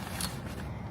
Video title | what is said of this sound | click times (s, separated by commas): KingCamp Car SUV Tent – Easy Setup + Built In Projector Screen | Go ahead and push that button down, you can see how it goes back and forth, but it locks into place when you hear that snap, | 0.2 s